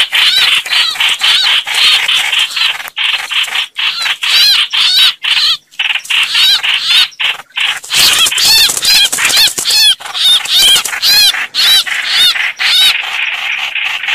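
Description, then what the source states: Red-whiskered bulbul distress calling: rapid harsh rasps interleaved with looping whistles. Distress call (crying for help).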